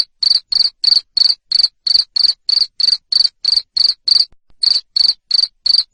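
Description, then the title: Loud cricket chirping, a train of short buzzy pulses about three per second, broken by one small pause late on. Loud cricket chirping played to stimulate lovebirds to sing continuously. "Suara JANGKRIK NGERIK Keras Bikin LOVEBIRD Jadi NGEKEK Terus"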